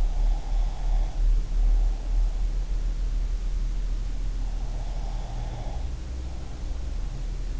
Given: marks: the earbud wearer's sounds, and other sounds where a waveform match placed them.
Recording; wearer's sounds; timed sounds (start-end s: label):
sounds in sleep by an in-ear microphone; breath
0.00-2.72 s: breath
4.77-7.25 s: breath